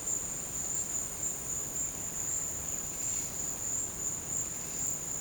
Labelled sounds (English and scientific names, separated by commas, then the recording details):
none
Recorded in pastures near Puerto Asís, Putumayo, Colombia, on 22 December 2024 at 13:00
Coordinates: 0.466, -76.322
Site G040